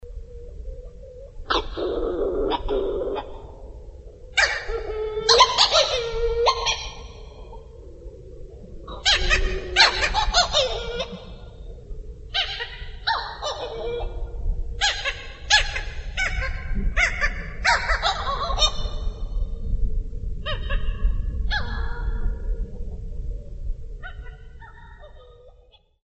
Sound recording of an 'Ua'u (Hawaiian petrel), Haleakala National Park, Hawaii.